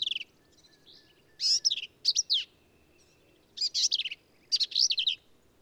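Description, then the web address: Black-capped vireo song: bursts of quick, harsh, chattering notes mixed with sharp slurred whistles, with a pause of about a second between the two main groups. "birdsongforthecurious songs Black-capped Vireo"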